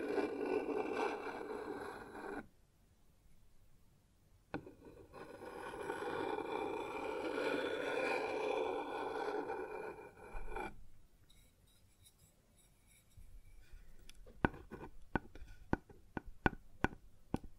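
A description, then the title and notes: Something is scraped and rubbed across a wooden surface in two long passes, from the start to about 2.5 seconds and again from about 4.5 to 10.5 seconds, with a quiet gap between. After a pause, sharp taps and knocks follow quickly from about 14 seconds to the end. ASMR Sounds on Wooden Surface (No Talking).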